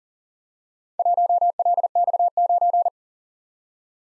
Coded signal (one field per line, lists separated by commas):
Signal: Morse code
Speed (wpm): 42 wpm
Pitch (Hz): 700 Hz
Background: none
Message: 1LX9